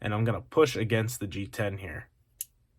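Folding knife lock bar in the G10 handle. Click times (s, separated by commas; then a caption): 2.4 s. Someone talks while a finger pulls the lock bar of a Cold Steel AD-15 folding knife and a hand pushes against the G10 handle scale to release the blade lock one-handed. After the talking stops, a single sharp click is heard at 2.4 s as the lock bar disengages and the blade lock releases.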